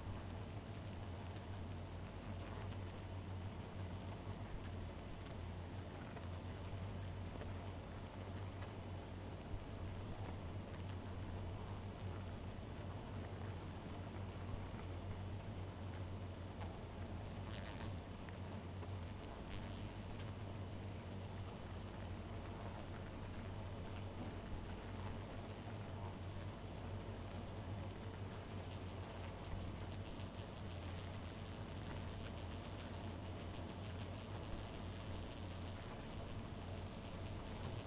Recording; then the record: honeybee colony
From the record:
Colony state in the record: missing queen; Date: 14 July 2017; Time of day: 0:59